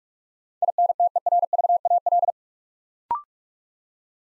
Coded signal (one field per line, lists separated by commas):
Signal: Morse code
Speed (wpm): 44 wpm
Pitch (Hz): 700 Hz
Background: none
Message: INTERVAL